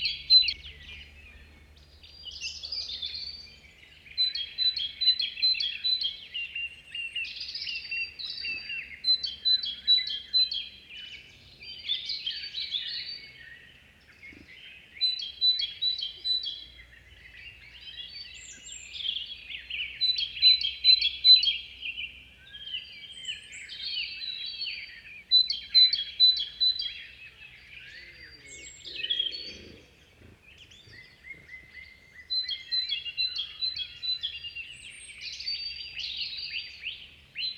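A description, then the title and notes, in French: A great tit sings in a forest, repeating short, evenly spaced high notes in phrases every few seconds. Other birds sing throughout behind it, including a robin's thin, rambling song, while a low rumble sits underneath. Forêt de Val Drôme - Nagra seven - omni 8020. Chorus d'une Mésange charbonnière en forêt. Bien d'autres oiseaux chantent en arrière dont un Rouge-gorge assez proche.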